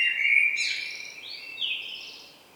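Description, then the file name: Common blackbird song, a clear fluted whistle followed by higher squeaky notes, then fading. "Turdus merula"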